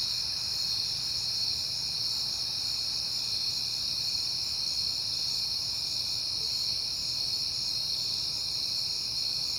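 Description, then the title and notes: A cricket chorus runs on without pause, high and ringing in several tonal layers, with faint low background rumble. Recorded at night in September on a peaceful night; crickets heard often lately. "Night Time: Crickets and Passing Cars. It is September and I have been hearing the crickets a lot, but finally had a peaceful night to make the recording"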